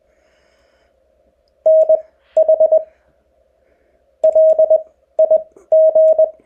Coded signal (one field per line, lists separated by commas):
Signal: Morse code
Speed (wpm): 20 wpm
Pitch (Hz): 630 Hz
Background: none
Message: N H L I G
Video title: Activating POTA - how to get started